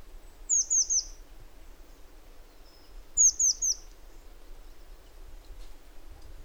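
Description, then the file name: Eurasian blue tit calls: two groups of three high, sliding notes a few seconds apart. "Cyanistes caeruleus"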